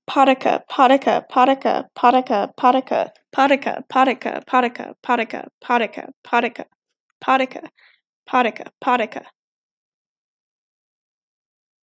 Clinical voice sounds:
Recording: repeated syllables /pa ta ka/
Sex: female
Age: 20 to 29 years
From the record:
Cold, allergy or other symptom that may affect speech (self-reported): no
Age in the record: 28 years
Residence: Oklahoma, United States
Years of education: 14

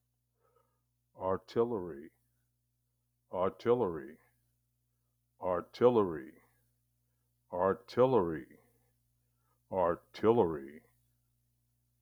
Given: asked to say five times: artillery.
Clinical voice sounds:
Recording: repeated word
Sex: male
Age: 60 to 69 years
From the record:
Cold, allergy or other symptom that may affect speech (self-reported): no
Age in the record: 69 years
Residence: California, United States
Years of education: 14

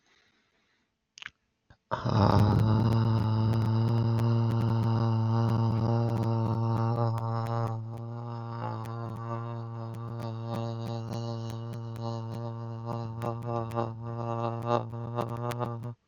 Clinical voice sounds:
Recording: vowel held as long as possible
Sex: male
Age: 30 to 39 years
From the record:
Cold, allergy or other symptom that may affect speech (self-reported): no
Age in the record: 30 years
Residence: Pennsylvania, United States

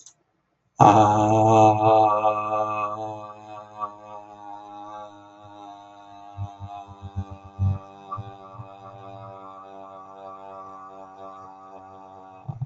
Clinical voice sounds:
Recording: vowel held as long as possible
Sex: male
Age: 30 to 39 years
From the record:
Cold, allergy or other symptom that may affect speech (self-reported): no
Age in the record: 31 years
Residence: Wisconsin, United States

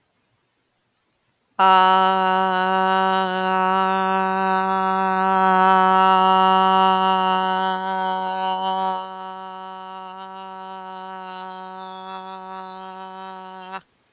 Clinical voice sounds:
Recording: vowel held as long as possible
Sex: female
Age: 20 to 29 years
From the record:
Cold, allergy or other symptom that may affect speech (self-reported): no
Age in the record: 27 years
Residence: Ohio, United States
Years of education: 13

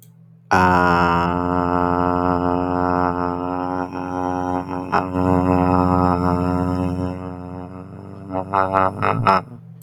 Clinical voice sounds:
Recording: vowel held as long as possible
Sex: male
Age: 30 to 39 years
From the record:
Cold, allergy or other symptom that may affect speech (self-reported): no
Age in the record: 32 years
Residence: Texas, United States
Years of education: 14

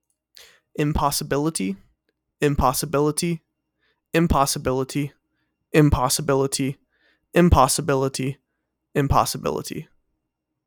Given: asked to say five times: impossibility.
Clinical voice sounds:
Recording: repeated word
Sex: male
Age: 20 to 29 years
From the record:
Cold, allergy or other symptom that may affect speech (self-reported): no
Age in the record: 24 years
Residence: Maryland, United States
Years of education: 16

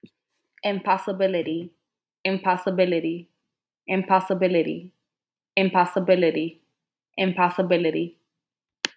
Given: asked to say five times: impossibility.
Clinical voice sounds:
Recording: repeated word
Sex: female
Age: 20 to 29 years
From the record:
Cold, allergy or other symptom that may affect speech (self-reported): no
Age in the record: 25 years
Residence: New York, United States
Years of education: 18

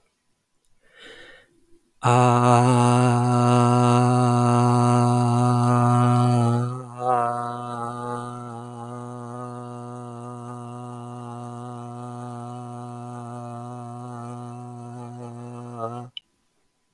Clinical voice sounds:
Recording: vowel held as long as possible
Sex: male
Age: 30 to 39 years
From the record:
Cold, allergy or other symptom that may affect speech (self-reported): no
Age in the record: 31 years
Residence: Texas, United States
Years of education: 14

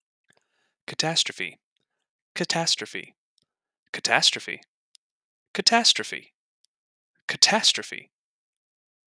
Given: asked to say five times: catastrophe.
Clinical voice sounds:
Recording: repeated word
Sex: male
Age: 20 to 29 years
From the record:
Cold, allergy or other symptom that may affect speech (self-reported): no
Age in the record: 27 years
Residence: California, United States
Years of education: 18

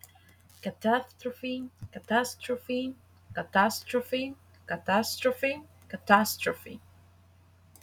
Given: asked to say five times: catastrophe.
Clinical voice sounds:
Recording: repeated word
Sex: female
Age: 20 to 29 years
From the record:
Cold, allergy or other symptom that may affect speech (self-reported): no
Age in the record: 26 years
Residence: Texas, United States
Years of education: 16

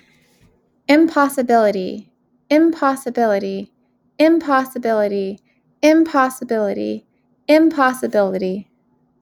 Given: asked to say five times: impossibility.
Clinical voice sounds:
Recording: repeated word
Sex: female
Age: 30 to 39 years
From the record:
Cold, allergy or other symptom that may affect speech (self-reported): no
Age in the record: 31 years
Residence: Massachusetts, United States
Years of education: 15

